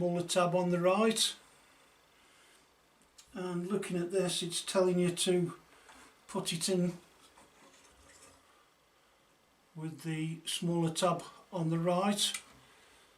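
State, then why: Not seated. A small plastic tub-shaped body part is lined up on the right side of the ABS body shell of a Tamiya CW01 Midnight Pumpkin Black RC truck, ready to be pushed in. Someone talks throughout, with quiet rubbing from positioning the part and a brief soft sound at 3.2 s. Nothing has clicked in yet.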